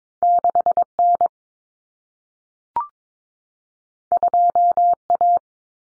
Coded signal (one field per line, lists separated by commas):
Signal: Morse code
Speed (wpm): 22 wpm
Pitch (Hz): 700 Hz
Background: none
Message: 6N 2A